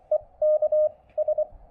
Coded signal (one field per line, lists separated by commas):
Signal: Morse code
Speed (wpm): 23 wpm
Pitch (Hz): 610 Hz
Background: none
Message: E K S